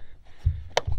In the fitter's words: go right back in popped done.